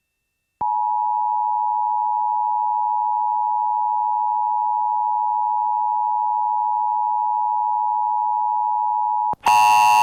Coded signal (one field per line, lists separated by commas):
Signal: Emergency Alert System (SAME) tones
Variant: 853 and 960 Hz attention tone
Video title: Central MS Alerts: EAS Alerts From 3/25/24 (EAS #2278-2286)